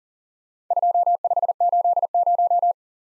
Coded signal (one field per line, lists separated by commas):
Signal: Morse code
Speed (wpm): 42 wpm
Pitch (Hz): 700 Hz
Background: none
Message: 2580